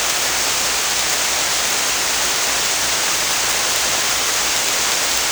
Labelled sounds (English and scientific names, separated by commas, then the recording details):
none
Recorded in dense forest near Puerto Asís, Putumayo, Colombia, on 18 December 2024 at 23:00
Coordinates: 0.481, -76.323
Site G100